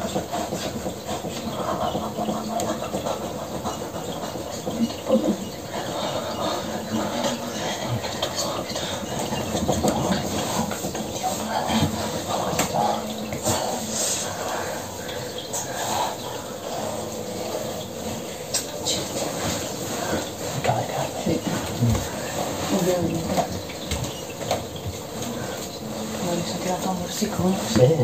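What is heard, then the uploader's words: A fish tank runs steadily with a dense, continuous watery hum and bubbling, faint murmurs of voices drifting in and out throughout. Fish tank sounds and foreign talking.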